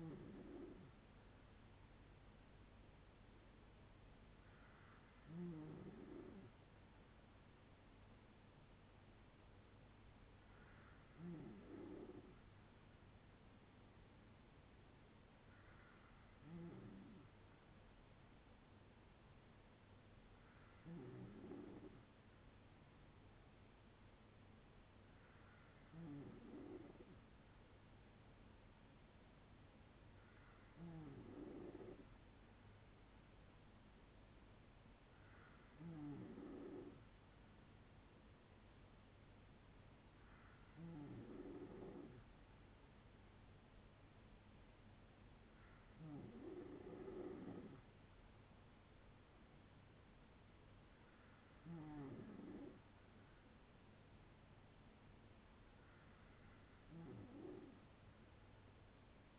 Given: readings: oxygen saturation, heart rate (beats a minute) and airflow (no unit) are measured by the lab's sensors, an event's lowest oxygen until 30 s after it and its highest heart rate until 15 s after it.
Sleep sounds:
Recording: breathing in sleep by a voice recorder at the bedside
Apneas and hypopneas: none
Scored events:
14.00-44.00 s: new sleep stage, N2 (light sleep)
44.00-59.39 s: new sleep stage, N3 (deep sleep)
From the record:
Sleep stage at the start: N3 (deep sleep)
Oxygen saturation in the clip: 91 to 95%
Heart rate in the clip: 56 to 71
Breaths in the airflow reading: 12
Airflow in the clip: -5.3 to 3.8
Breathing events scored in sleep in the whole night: 182 in 7.4 hours asleep

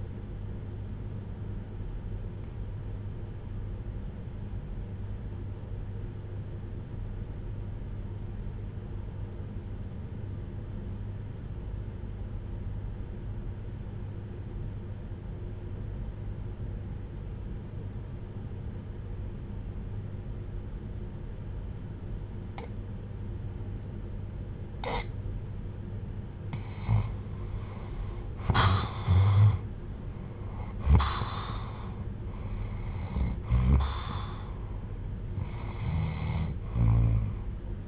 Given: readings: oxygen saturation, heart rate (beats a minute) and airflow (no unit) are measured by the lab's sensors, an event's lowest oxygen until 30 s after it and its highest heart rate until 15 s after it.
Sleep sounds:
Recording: breathing in sleep by a smartphone at the bedside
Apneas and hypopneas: 1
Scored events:
4.00-30.30 s: hypopnea (REM, oxygen 93% highest, then 79% lowest, heart rate 62 at the start, 81 highest)
From the record:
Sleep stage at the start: REM sleep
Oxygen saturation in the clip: 82 to 93%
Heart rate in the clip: 62 to 81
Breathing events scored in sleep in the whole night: 310 in 8.1 hours asleep

